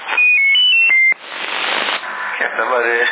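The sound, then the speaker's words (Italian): A quick run of clear, steady electronic beep tones at shifting pitches, a CB radio roger beep with echo, followed by a noisy burst of radio static and garbled, distorted transmission, heard over CB radio in Sassari, November 2010. “Il bip con l'ecco.”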